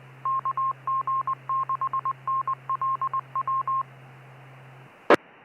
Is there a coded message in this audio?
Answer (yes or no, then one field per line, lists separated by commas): yes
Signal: Morse code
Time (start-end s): 0.3-5.2 s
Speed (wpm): 21 wpm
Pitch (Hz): 1060 Hz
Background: none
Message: KG6NLW E